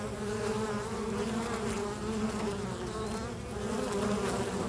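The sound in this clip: Bees humming, an even buzzing drone with overlapping wingbeat tones that swell and ease gently.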